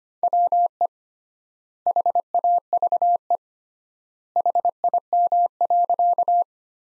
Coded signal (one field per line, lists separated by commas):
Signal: Morse code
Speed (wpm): 25 wpm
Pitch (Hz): 700 Hz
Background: none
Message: WE HAVE HIM.